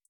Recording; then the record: hydrophone in a shrimp aquaculture tank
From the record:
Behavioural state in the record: feeding